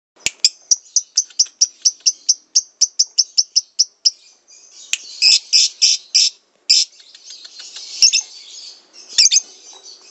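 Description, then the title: Lovebird song opening with a quick run of evenly spaced, thin chirps, then shifting into louder, buzzy squeaks and a hissing, scratchy warble. Lovebird described as a national champion; recording used as a masteran, a training recording for teaching other birds to sing. "MASTERAN BURUNG 2. Suara LoveBird Juara Nasional"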